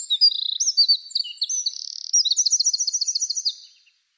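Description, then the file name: Eurasian wren song, a rapid, high-pitched outpouring of trills and sharp notes, with a fast even rattle near the end before it fades out. "Troglodytes troglodytes"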